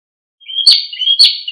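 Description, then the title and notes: Bird giving two sharp, high whistled phrases, each with a click and trailing into a falling slur, half a second apart, after brief silence. Birdsong from Indonesia. "Kicau Burung Indonesia"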